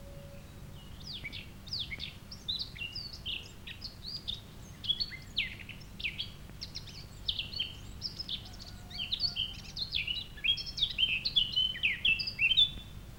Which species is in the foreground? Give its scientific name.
Sylvia atricapilla